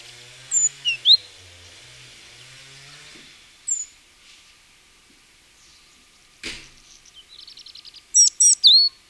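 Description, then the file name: Great tit with scattered thin high notes, a sharp click, a brief rapid ticking run, then one clear three-note phrase ending in a falling sweep. "Parus major"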